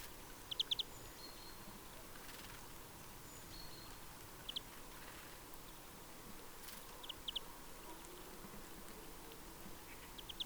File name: Chloris chloris